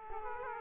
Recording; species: mosquito wingbeat signal from an infrared sensor; Aedes aegypti